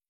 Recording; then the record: hydrophone in a shrimp aquaculture tank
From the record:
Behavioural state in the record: feeding